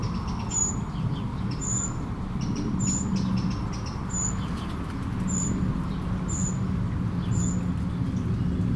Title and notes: 69610 Aveize, France - Merle - Blackbird. 20170712-Merle et ruisseau. Bord de ruisseau, un merle, quelques mouches, des avions au loin